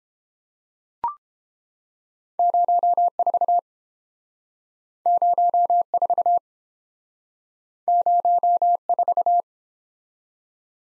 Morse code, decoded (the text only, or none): 04 04 04